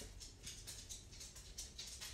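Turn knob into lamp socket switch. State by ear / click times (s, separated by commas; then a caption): not seated / none. A replacement on-off turn knob is being screwed by hand into a lamp socket switch, and a light scratchy rubbing and patter of handling is heard, with small bursts near 0.5, 1.6 and 1.8 seconds. Nothing has seated or clicked yet.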